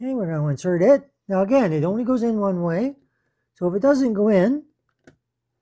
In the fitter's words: it clicks in place